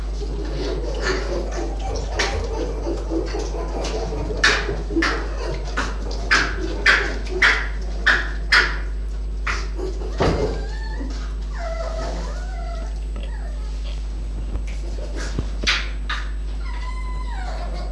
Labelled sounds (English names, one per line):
Red Fox